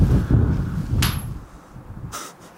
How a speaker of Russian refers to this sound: Какая глубокая яма. Вау, там монетки. Кинем монетку, папочка? Давай кинем. Сейчас какую-нибудь, вот, 20. Можно? Давай. 2 рубля. Кидай.